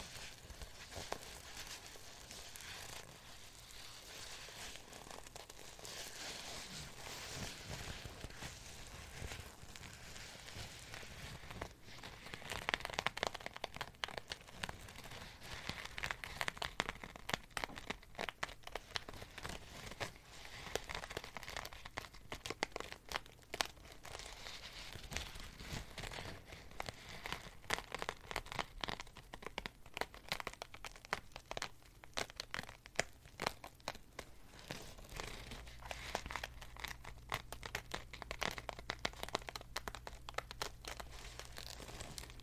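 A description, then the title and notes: Random brushing and tapping, with dense crinkly, crackling scrapes running throughout. Sharp taps cluster from about 12 to 30 seconds, making it busier and louder there. A low steady hum sits underneath, growing heavier in the last few seconds. Random Brushing & Tapping. Tonight, I browse through my make-up and try to relax you with random tapping and brushing.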